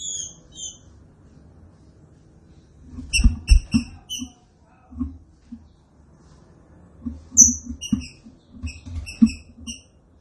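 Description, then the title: Green-winged saltator song: bursts of short, clipped whistled notes in quick groups, separated by pauses, with dull low thumps and knocks underneath. Classic song style (canto clássico), presented as a training recording. "Canto Clássico Trinca Ferro TREINAMENTO"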